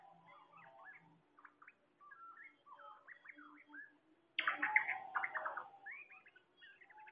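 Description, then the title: Bird chorus of jumbled chirps and whistles over faint low cooing, with a sudden louder burst of harsh chattering partway through. "SuaraBurung Kicau"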